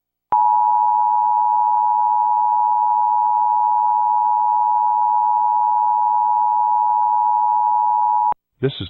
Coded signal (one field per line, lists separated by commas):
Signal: Emergency Alert System (SAME) tones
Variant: 853 and 960 Hz attention tone